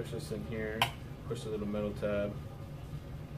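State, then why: Not seated. A metal frame tube with a spring tab is handled for insertion into the frame tube of an infant-to-toddler rocker while someone talks over a low, steady background hum. A brief sharp tick sounds near 0.8 s, but the tab is only being pressed and the tube pushed. Nothing has seated or snapped into place yet.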